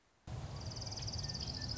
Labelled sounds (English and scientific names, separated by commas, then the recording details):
Orange-crowned Warbler (Leiothlypis celata)
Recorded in Sonoma County, California